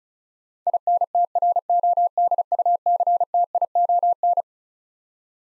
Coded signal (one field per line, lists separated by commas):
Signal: Morse code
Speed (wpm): 36 wpm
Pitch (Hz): 700 Hz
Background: none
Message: INTRODUCTION